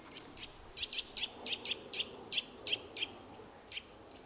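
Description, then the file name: Eurasian nuthatch calls: short, sharp notes in a quick, uneven series, heard over steady low background noise. "Sitta europaea"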